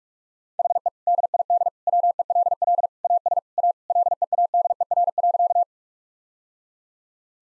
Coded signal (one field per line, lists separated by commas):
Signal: Morse code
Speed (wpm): 41 wpm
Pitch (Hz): 700 Hz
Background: none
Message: HE DID WELL AS A LEADER.